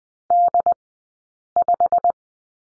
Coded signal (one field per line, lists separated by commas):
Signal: Morse code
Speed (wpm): 20 wpm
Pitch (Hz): 700 Hz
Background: none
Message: D5